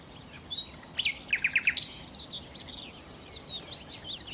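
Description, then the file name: Common nightingale song with quick notes repeated in a fast series, followed by a varied run of high, chattering and whistled phrases. "Nachtigall"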